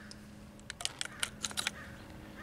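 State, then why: Not seated. A rotary magazine is slid into the side of an Evanix Cloud Ultra .30 caliber semi-auto PCP air rifle, its notch lined up with the receiver. A run of small, sharp clicks and taps sounds between about 0.8 and 1.7 seconds over a faint steady hum as the magazine slides in. Nothing has seated yet; the spring-loaded ball detent has not caught it.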